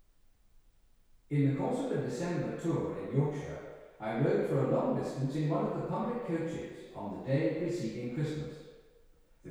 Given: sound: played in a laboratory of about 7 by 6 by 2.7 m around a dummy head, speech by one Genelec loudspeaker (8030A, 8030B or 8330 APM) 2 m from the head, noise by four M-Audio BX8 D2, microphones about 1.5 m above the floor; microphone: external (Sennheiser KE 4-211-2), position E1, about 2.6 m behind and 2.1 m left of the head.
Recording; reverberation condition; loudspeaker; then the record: male speech in English; high; 120 degrees to the left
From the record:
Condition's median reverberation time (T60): about 1300 ms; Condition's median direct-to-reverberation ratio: about -4.0 dB